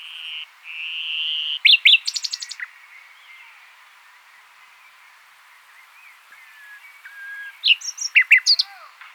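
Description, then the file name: Common nightingale song: a sustained whistle, then sharp chattering bursts and rapid clicks, a quiet pause with soft notes, and another loud run of rapid repeated notes. "Luscinia megarhynchos"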